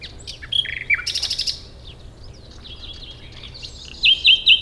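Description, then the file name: Common nightingale song of varied phrases: clear whistles, a harsh buzzy burst, softer twittering, then a closing run of rapid, loud, sharply slurred notes. "Luscinia megarhynchos"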